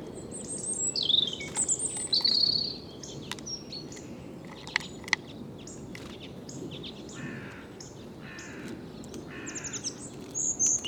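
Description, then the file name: European robin giving several brief high, thin whistled phrases separated by pauses, some sharp and bright, others faint, against a soft noisy background. "Erithacus rubecula"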